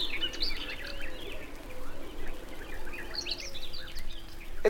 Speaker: Это поет серая Славка.